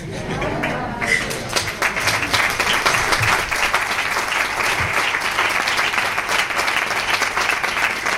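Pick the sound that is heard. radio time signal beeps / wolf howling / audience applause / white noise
audience applause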